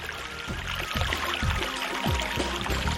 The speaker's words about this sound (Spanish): Lo que nunca podría imaginar son las impresionantes y majestuosas cascadas que forma al despeñarse en ocasiones por alturas de más de 100 metros. El ruido es estremecedor. La Cueva de los Chorros es una de las cavidades más notables de nuestro país